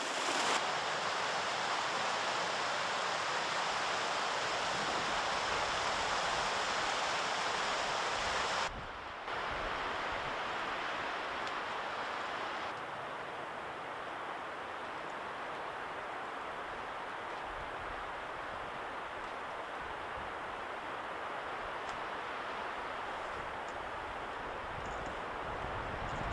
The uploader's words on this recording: Enjoy the natural beauty of the mountains of Pike National Forest in Colorado Springs, Colorado.